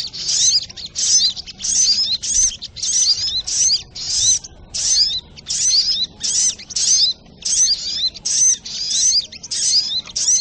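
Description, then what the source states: Spiderhunter song, high-pitched squeaky chirp bursts delivered in a quick, regular series, roughly one and a half bursts per second. Training song (masteran) of the bird called sogok ontong, in the style named Labaik.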